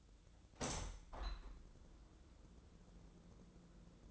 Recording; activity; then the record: daily activity, microphone in the room; open window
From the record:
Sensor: 3